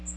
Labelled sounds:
Magnolia Warbler (Setophaga magnolia) flight call

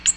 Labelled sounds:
Ovenbird (Seiurus aurocapilla) flight call

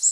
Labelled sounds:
Golden-winged Warbler (Vermivora chrysoptera) flight call

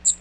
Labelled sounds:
Magnolia Warbler (Setophaga magnolia) flight call

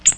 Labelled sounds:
Ovenbird (Seiurus aurocapilla) flight call

